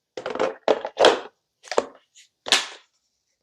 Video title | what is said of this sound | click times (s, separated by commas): Experience OSOTEK H200 Lite 3-in-1 Cleaning Device that REVOLUTIONIZES Chores | Clicks right into place. | 2.5 s